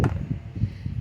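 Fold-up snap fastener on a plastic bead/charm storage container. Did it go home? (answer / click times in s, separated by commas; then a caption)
released / 0.0 s. A fold-up snap fastener on a plastic bead/charm storage container comes off very easily, with a single sharp plastic pop at 0.0 s followed by faint low background noise. The fastener is released because these fasteners never really held.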